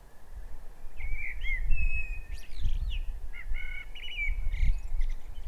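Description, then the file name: Common blackbird calls: a varied run of whistled and chattering notes, some clipped and stuttered, with a constant low rumble underneath. "Turdus merula"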